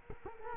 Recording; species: mosquito wingbeat signal from an infrared sensor; Culex quinquefasciatus